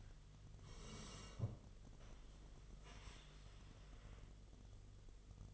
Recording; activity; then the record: daily activity, microphone in the room; sit down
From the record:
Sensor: 4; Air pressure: 1006.0 hPa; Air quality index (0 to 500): 112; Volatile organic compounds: 3 ppm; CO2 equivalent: 1408 ppm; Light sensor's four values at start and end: 13/28/11/10 and 13/28/11/10